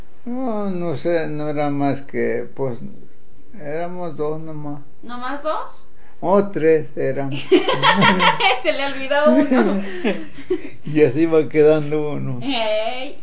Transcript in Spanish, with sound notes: No, no sé, no eran más que, pos éramos dos nomás.
¿Nomás dos?
Oh, tres éramos. (risas)
Se le olvidó uno.
Ya se iba quedando uno.
Ey.